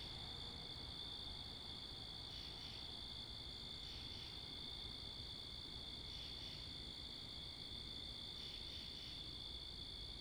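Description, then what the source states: High cricket chorus with pulsed chirp groups repeating about every two seconds, over steady low-frequency wind and traffic noise. Wakefield, Rhode Island, USA; 10 October 2021 at 11:35pm, night; mics facing northeast; two Rode NTG-3 shotgun mics on a Sound Devices MixPre 10ii; with cars and wind.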